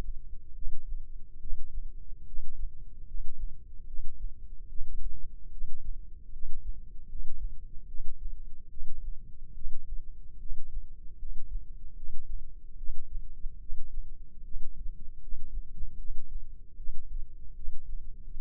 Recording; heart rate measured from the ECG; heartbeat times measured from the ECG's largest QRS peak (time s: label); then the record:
heart sounds by microphone in the left ear; 74 bpm
0.53 s: heartbeat
1.39 s: heartbeat
2.25 s: heartbeat
3.05 s: heartbeat
3.85 s: heartbeat
4.67 s: heartbeat
5.50 s: heartbeat
6.31 s: heartbeat
7.07 s: heartbeat
7.86 s: heartbeat
8.68 s: heartbeat
9.53 s: heartbeat
10.38 s: heartbeat
11.17 s: heartbeat
11.95 s: heartbeat
12.76 s: heartbeat
13.58 s: heartbeat
14.42 s: heartbeat
15.19 s: heartbeat
15.96 s: heartbeat
16.75 s: heartbeat
17.54 s: heartbeat
18.32 s: heartbeat
From the record:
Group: healthy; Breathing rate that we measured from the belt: 15 breaths a minute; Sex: female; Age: 19 years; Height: 163 cm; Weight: 51 kg